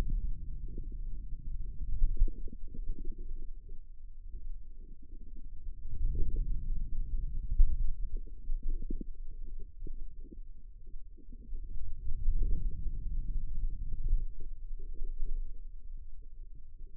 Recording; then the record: forearm muscle sounds (acoustic myography)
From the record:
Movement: ulnar deviation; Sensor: system 2, bracelet of six BSWA MPA416 microphones around the upper forearm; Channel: 6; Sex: female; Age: 25 years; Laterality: right